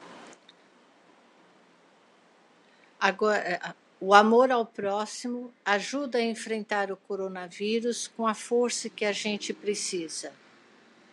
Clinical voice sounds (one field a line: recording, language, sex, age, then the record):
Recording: spoken sentence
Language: Brazilian Portuguese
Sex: female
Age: 60 to 69 years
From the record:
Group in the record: control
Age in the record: 62 years